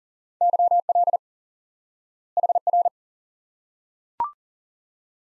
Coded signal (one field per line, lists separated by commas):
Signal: Morse code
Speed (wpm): 40 wpm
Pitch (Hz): 700 Hz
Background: none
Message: YL HR